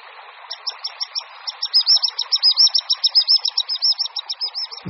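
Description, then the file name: Common sandpiper call: high piping notes start sparse and soft, then quicken into a loud, fast twittering run, with a low rushing noise underneath. "Pisík-obecný"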